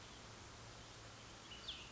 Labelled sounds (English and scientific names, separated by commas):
Cassin's Vireo (Vireo cassinii)